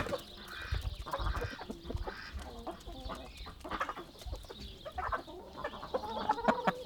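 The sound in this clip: Chickens clucking in a dense, overlapping flock chorus, with intermittent low rumbling noise underneath.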